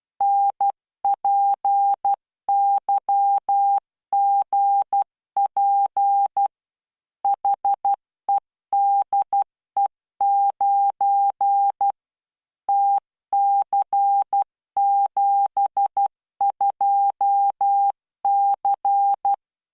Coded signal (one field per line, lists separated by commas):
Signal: Morse code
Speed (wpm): 12 wpm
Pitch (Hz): 800 Hz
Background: none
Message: NPYGP HEDE9 TC72C